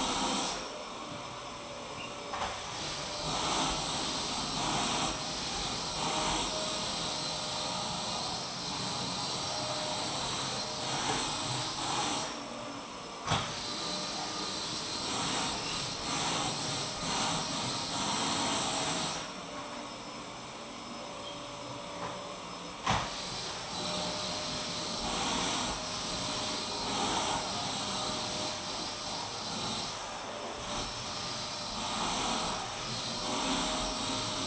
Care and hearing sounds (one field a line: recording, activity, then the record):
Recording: daily activity, microphone in the room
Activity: vacuum cleaning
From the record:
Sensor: 1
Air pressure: 1002.0 hPa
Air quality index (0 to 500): 242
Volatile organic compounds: 47 ppm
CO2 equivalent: 3255 ppm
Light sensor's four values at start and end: 8/27/10/11 and 8/27/10/11